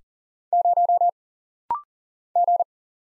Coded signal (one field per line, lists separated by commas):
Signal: Morse code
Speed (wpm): 40 wpm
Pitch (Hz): 700 Hz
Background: none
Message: 0 G